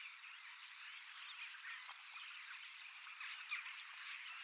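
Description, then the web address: Common starlings in a thick chattering chorus, quick clicks and squeaky whistles pouring out continuously from many birds at once. Large flock of young birds practising song in preparation for next spring; recorded 25 August 2026 in Finland. "paivat 25 8 2026 iso kottaraisten nuorisoparvi valmistautuu ensi kevaaseen lauluharjoittelemalla"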